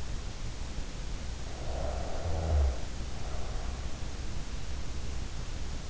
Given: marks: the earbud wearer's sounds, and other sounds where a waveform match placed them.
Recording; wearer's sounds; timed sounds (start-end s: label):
sounds in sleep by an in-ear microphone; snoring breath
1.60-3.85 s: snoring breath